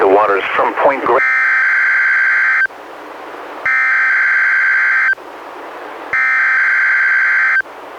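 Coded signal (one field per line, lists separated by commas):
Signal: Emergency Alert System (SAME) tones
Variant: header bursts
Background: speech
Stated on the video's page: Real NOAA Weather Radio required weekly tests from NWS Portland via the Astoria transmitter, received on a Reecom R-1630 weather radio, recorded with a Zoom H1.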